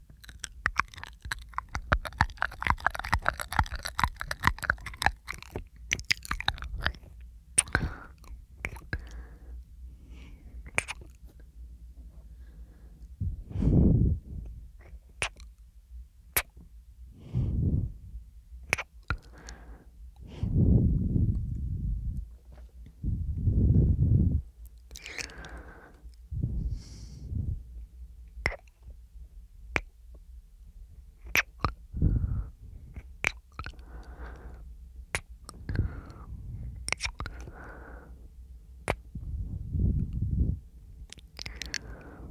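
Mouth sounds and breathing: soft wet clicks and smacks scattered throughout, with a dense rustle in the first five seconds. Low, muffled breaths swell every few seconds, at about 14, 17, 21, 24, 32 and 40 seconds.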